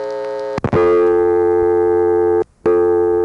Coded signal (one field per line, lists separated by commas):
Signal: telephone call progress tone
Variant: North America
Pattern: dial tone